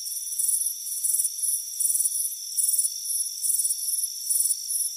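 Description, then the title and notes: Crickets chirping in high, pulsed bursts in quick succession over a constant thin high-pitched drone. Crickets chirping on a warm afternoon, heard from a hammock on a front porch. "Soothing Crickets Chirping Sound. It's a warm afternoon as you relax in a hammock on the front porch. Relax and fall asleep to the soothing sound of chirping crickets. Deep Sleep Sounds"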